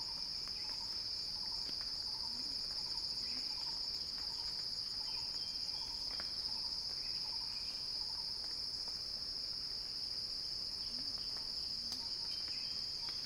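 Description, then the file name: Cicada song as one strong, even high buzz, with a softer lower note repeating beneath it and occasional faint chirps. Recording titled as a cicada crescendo. "earth-fm Axel-Drioli Cicada-Crescendo-Sounding-Wild"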